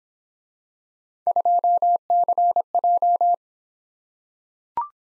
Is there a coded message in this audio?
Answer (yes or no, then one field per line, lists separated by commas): yes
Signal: Morse code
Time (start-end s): 1.3-3.3 s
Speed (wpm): 25 wpm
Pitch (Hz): 700 Hz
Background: none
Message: 2CJ